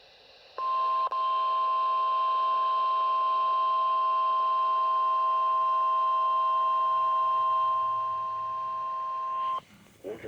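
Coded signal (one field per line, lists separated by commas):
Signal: Emergency Alert System (SAME) tones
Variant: 1050 Hz attention tone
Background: speech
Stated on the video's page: Winter storm warning on a weather radio station.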